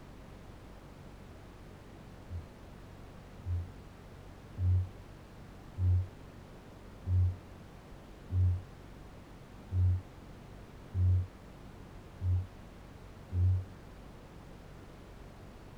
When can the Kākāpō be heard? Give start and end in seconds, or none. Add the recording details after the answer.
2.07-3.83, 4.38-13.80. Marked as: faintness 3/5, faintness 2/5. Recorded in New Zealand. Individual Barnard